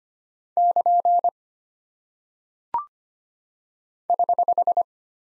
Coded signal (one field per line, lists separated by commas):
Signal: Morse code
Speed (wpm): 25 wpm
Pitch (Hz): 700 Hz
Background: none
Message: <KN> <HH>